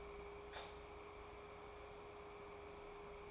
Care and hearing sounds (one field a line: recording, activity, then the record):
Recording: daily activity, microphone in the room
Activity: light off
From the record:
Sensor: 1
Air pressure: 1010.3 hPa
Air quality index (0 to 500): 171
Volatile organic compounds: 12 ppm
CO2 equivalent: 2357 ppm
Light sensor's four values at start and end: 53/141/58/72 and 51/133/55/69